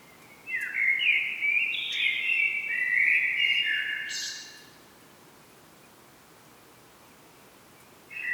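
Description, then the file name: Common blackbird song: one phrase of loud tonal notes stepping up and down for about four seconds, then quiet, with a new phrase starting at the very end. "Turdus merula"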